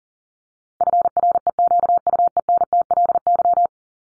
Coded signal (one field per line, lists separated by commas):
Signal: Morse code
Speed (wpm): 40 wpm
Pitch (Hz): 700 Hz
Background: none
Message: FREQUENTLY